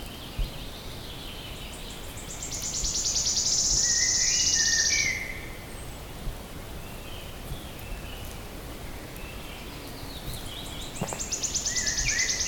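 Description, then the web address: Wood warbler song: a quickening run of high ticking notes that merges into a shivering sibilant trill, given twice about eight seconds apart over soft background noise. "linnut sirittaja"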